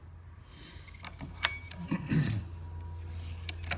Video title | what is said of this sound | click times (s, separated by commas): March 16, 2017 | See there, it pops in when I push forward. | 1.4 s